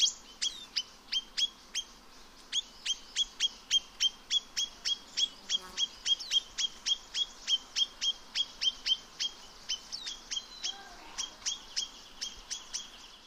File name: Chinese nuthatch